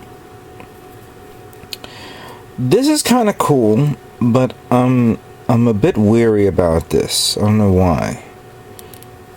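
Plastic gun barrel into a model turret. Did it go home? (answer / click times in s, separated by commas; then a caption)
no / none. A plastic gun barrel is pressed onto its peg in the turret of a 1/1000 Bandai Space Battleship Yamato model. Light ticks come early and again near the end while someone talks in between. The barrel fails to snap into place, so nothing has seated or clicked yet, which is why gluing the barrels is recommended.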